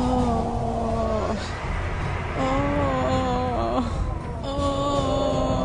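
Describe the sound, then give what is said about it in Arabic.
An injured girl, still alive, moans in pain in three long, wavering cries, each drawn out for over a second with a bending pitch, heard over a steady wash of background noise. “يابا يابا، مش ميتة مش ميتة، قاعد بتقول اه.”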